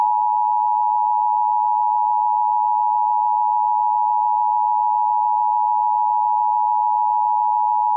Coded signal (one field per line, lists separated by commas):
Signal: Emergency Alert System (SAME) tones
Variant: 853 and 960 Hz attention tone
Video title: Severe Thunderstorm Warning (Colbert and Lauderdale Counties, AL) (4/5/25) [EAS #128]